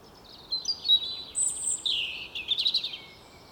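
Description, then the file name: European robin: high warbled whistles, then a rapid, jingling trill, against faint background hiss. "Erithacus rubecula"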